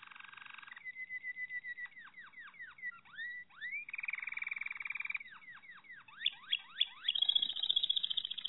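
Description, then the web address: Canary (Malinois Waterslager): canary song mixing rolling trills with a long series of rapid descending whistled slurs, a steady warbling roll in the middle, and a bright high trill at the end. Malinois (Waterslager) breed of domestic canary, song. "~joaopt canarios racas canto malinoiss"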